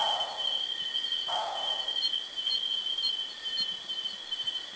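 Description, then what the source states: Philippine frogmouth giving two soft descending notes early on, then only continuous shrill insect trilling. Recorded at Kitanglad, Philippines, in 2010.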